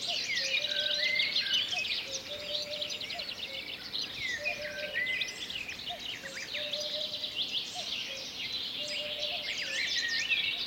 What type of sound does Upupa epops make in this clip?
song